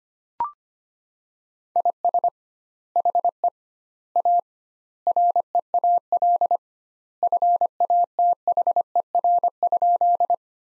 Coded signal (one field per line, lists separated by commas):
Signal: Morse code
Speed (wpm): 25 wpm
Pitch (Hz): 700 Hz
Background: none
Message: IS HE A REAL FATHER?